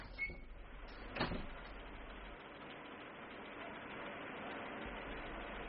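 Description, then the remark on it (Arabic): A door opens with a couple of sharp clunks and a rattling scrape in the first second or so, followed by a steady hiss of background noise. No one speaks. “افتح الباب.”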